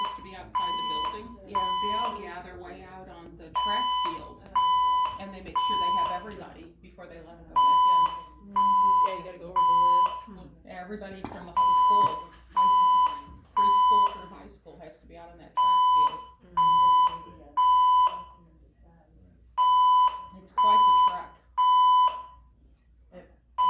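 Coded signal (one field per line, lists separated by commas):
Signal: alarm pattern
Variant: 1000 Hz Code 3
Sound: groups of three half-second 1 kHz beeps, pausing, repeating, mixed with spoken announcements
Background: voice evacuation announcement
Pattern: temporal three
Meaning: Temporal-three pattern signals building evacuation for fire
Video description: the fire alarms in the whole building started going off with this 1000hz code 3 tone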